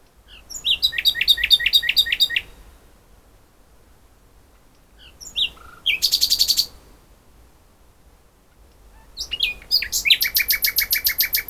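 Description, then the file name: Common nightingale song in rich varied phrases, rapid repeated chirps, a dense rattling trill and quick buzzy runs, separated by pauses of several seconds. "Luscinia megarhynchos"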